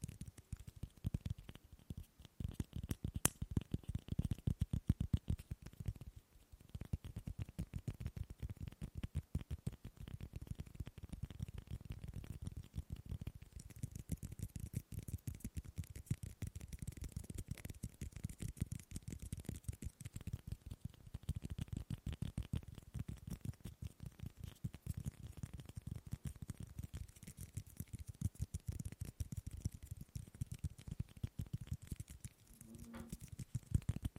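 Tapping on objects continues throughout, a dense run of quick, soft, mostly low knocks with some brighter clicks. The pace shifts from faster bursts to slower, more spaced taps, with a brief pause near six seconds and a ringing tone near thirty-two seconds.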